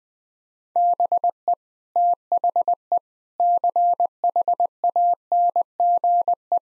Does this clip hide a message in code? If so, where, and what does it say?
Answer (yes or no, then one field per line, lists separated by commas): yes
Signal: Morse code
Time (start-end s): 0.8-6.6 s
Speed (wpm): 20 wpm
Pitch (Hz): 700 Hz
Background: none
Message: BE THE CHANGE